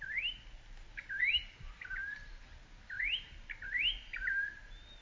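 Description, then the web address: Campo troupial song of upslurred whistles and lower drawn-out notes, a few phrases spaced about a second apart, with faint hiss behind. "sound Campo-Troupial. صدای-پرنده-پری-نارنجی-کامپو"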